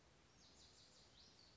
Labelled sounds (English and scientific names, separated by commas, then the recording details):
Lazuli Bunting (Passerina amoena)
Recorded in Sonoma County, California